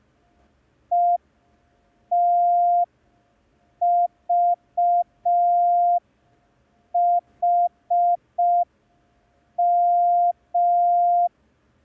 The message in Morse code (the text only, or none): ETVHM